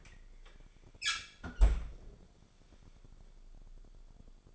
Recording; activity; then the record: daily activity, microphone in the room; close fridge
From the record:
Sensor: 5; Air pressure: 1004.7 hPa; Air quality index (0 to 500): 159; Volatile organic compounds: 3 ppm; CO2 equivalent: 1498 ppm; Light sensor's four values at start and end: 23/53/21/20 and 21/49/19/18